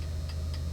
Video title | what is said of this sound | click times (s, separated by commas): When and How to Utilize the Black Tip Stop on the HPC 1200 Blitz? - Fundamentals of Locksmithing #15 | You have to pull it back just so it encroaches partially into the area and clicks in place. | 0.3 s, 0.5 s